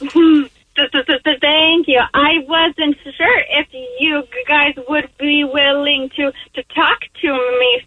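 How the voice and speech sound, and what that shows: An adult woman's speech over the telephone with a prolonged hum, a stretched 's' onset and a repeated 'to' before 'talk', showing stuttering that began in adulthood from medical causes.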